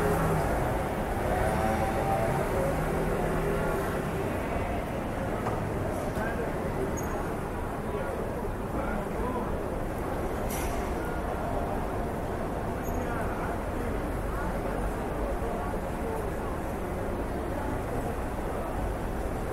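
City ambience with a steady bed of traffic rumble and a crowd-like murmur of voices throughout. Brief bird chirps break through near the start, around one to three seconds in. A short bright click sounds near ten seconds, and the level stays even.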